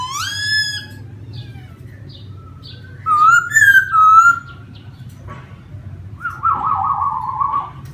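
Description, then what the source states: Laughingthrush voice with a strong rising whistle, soft scattered notes, loud looping whistled phrases midway, and a burry descending note near the end, over a low hum. Laughingthrush singing in a forest voice (giọng rừng).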